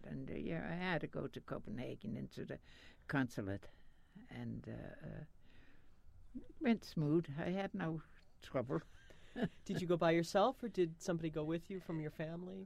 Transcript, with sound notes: And I had to go to Copenhagen and to the consulate and it went smooth. I had no trouble. (she laughs)
Did you go by yourself or did somebody go with you from your family?